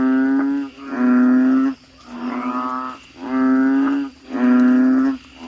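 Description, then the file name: Frog calls, a run of sustained, droning croaks nearly a second each, coming in quick succession with brief breaks. "suara kodok bangkong"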